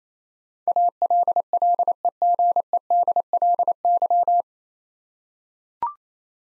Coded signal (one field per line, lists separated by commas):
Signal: Morse code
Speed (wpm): 28 wpm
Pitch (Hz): 700 Hz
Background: none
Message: ALLEGEDLY